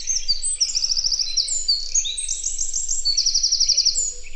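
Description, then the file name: Eurasian wren delivering a continuous stream of loud, high, very fast trills and sharp notes throughout. "Troglodytes troglodytes"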